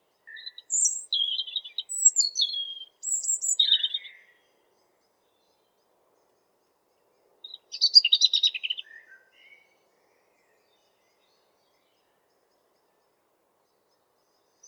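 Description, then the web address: European robin song, a phrase of thin high notes and trills followed after a pause by a short scratchy twitter, then silence. "geluiden roodborst zang"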